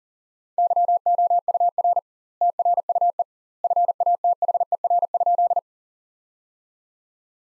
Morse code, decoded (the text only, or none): YOUR TRUE FATHER?